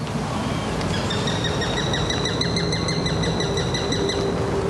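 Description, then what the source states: Eurasian sparrowhawk giving a fast, chattering series of sharp, thin calls running for several seconds, over a constant low background hum. Adult parent calling in response to its begging young.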